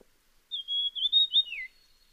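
Dusky fulvetta giving a high whistled phrase: a level note, a few quick wavering notes, then a final note sliding downward; otherwise quiet.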